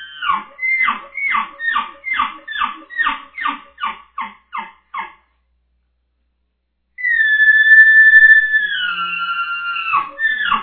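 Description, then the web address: Elk bugle: about a dozen rapid, grunting chuckles with whistled overtones, a pause of silence, then a long high whistle held steady before dropping and breaking into grunts. Bull elk, from a 2001 elk contest. "bowsite. elkcontest elk 2001 soundfiles bull"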